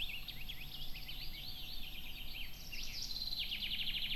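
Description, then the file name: Eurasian wren song, quick high trills ending in a rapid buzzy rattle, heard over steady low rumbling noise. "Troglodytes troglodytes"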